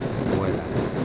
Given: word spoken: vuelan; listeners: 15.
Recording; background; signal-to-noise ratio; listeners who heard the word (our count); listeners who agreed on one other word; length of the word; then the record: one Spanish word in noise, from a listening test; noise modulated by three-talker babble; -4.2 dB; 2 of 15; 6 of 15; 0.65 s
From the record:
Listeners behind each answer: 6, 5, 2, 1, 1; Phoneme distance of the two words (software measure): 7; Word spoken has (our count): 2 syllables, 6 phonemes, stress on syllable 1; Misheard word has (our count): 2 syllables, 5 phonemes, stress on syllable 1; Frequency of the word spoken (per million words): 3.31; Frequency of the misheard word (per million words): 4.60